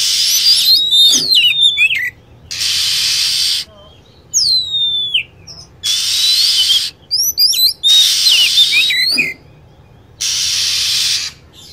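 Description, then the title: Lovebird calling with piercing, descending squeaky notes in short clusters, between bands of constant high-pitched hiss. Lure recording used to attract birds. "PIKAT BURUNG LOVEBIRD"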